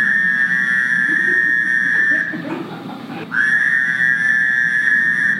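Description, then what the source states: Fowler's toad call: a steady, nasal, buzzy drone held for about two seconds, breaking off briefly, then starting again. Played in a frog and toad call identification class; looks like an Eastern American toad but sounds very different.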